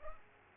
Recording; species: mosquito wingbeat signal from an infrared sensor; Culex pipiens